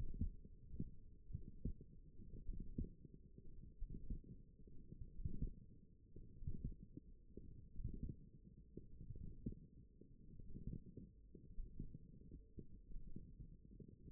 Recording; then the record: forearm muscle sounds (acoustic myography)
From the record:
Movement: ulnar deviation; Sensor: system 1, eight BSWA MPA416 microphones around the upper forearm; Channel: 4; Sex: male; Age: 42 years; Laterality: right